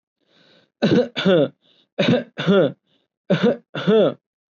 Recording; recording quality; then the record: heavy voluntary cough; excellent, no background noise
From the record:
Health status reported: COVID-19 positive, mild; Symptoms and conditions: none ticked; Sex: male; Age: 24 years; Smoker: not ticked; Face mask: not worn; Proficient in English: yes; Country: India